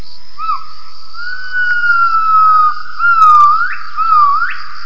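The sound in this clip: Gibbon call: a long whistled note holding steady, then two sharp upswept whoops near the end, over a constant high background hum.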